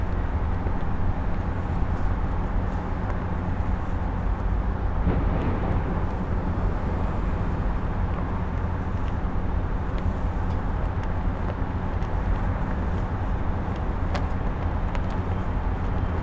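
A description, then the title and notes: A flag flaps in strong wind in the city, with sharp snaps and cracks breaking through now and then, most clearly around five, ten and fourteen seconds. Underneath, a steady low rumble of wind and distant traffic holds at an even level, with a faint constant hum. Windy Flapping Flag in the City.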